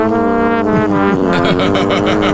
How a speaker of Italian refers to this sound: E con questi variano la vostra scorreggia dal livello 1, sentite, al livello 5.